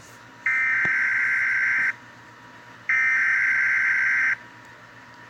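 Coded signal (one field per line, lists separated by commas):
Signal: Emergency Alert System (SAME) tones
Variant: header bursts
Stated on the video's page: Fictional EAS scenario; stated to be fake.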